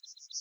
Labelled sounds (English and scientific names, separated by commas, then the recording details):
Yellowhammer (Emberiza citrinella) song
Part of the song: start
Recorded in the Czech Republic on 8 June 2013
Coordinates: 49.008, 17.265
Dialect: BC
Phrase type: C17
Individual 306305